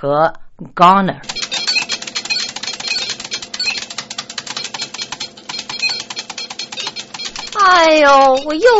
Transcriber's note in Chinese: Sound of video games